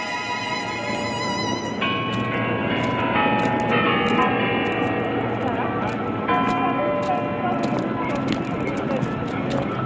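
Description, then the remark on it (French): The Spasskaya Tower clock on Red Square chimes ten o'clock, ringing out a slow melody of overlapping, sustained bell tones over a steady hiss of crowd-like background noise, with occasional sharp clicks. “Ce 12 avril 1961, quand sonne 10h au carillon de la tour Spasskaya de la Place Rouge, la nuit ne fait que commencer aux États-Unis.”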